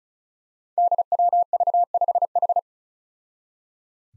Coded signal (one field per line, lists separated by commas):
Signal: Morse code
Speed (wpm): 36 wpm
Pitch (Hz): 700 Hz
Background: none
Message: DWV5H